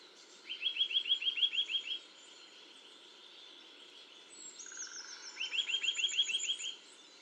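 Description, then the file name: Eurasian nuthatch repeating a rapid string of rising whistled notes, then a second similar burst, with high thin chirps from other birds overlapping the later series. "Sitta europaea"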